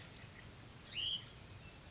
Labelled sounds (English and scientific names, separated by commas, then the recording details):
Hutton's Vireo (Vireo huttoni)
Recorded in Sonoma County, California